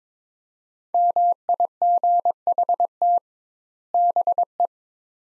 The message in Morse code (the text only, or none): MIGHT BE